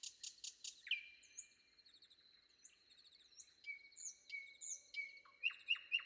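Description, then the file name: Common nightingale song: a few quick, high, broad notes, then pure whistles, ending with a series of sharp notes. Sung before dawn. "predawn nightingale"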